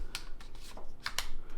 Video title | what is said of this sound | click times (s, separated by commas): My experience with using my first Drone. Vlog#12 . Hindi vlog #canadavlogs | ऐसे click की sound आई, बंद कर दिया, दैट्स इट। | 1.1 s, 1.2 s